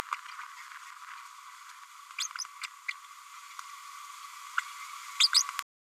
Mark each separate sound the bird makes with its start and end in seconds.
2.18-2.27, 2.63-2.67, 4.57-4.61, 5.19-5.28, 5.31-5.43